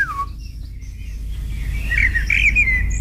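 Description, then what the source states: Common blackbird song: a single slurred falling note, a pause, then a higher warbling phrase that wavers up and down, over a low background rumble. Common in Norway, especially from Trøndelag southward; usually seen in gardens, parks and woodland; rated the best-liked bird sound in a survey, averaging 4.52 of 5.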